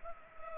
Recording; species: mosquito wingbeat signal from an infrared sensor; Culex pipiens